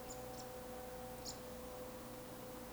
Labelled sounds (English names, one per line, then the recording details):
Eurasian Woodcock
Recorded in Baden-Württemberg, Germany, on 3 June 2021 at 20:03 UTC
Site 49334, 1074 m above sea level